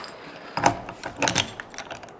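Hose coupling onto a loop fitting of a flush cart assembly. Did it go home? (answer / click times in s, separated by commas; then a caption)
yes / 1.2 s, 1.3 s, 1.4 s. A hose coupling is pushed onto a geothermal loop fitting of a flush cart assembly, with a sharp hit near 0.7 s followed by a quick burst of metallic clicks at 1.2, 1.3 and 1.4 s. The coupling locks in place on the fitting.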